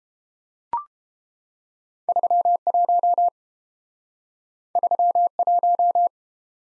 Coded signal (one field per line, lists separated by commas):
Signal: Morse code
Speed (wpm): 31 wpm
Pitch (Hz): 700 Hz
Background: none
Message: 31 31